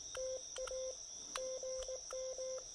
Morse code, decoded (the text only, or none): TA GM